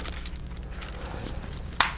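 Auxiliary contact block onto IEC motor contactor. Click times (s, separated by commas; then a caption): 1.8 s. An auxiliary contact block, with its small black spring seated in the groove of an IEC motor contactor that is replacing an Allen Bradley COD-509, is pushed back onto the contactor. Faint ticks and handling noise lead up to a single sharp, loud snap at 1.8 s. The block snaps into place and is seated.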